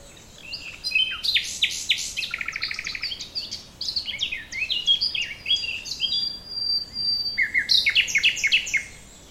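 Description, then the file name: Common nightingale delivering dense, varied song: quick chirps, a rattling trill, downslurred whistles and sharp clicks in a near-continuous stream. "Luscinia megarhynchos"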